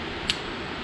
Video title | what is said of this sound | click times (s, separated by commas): Install Rigid Adapt XP + KleenMoto Headlight on a Harley Road Glide! | there we go I heard it click so hopefully | 0.3 s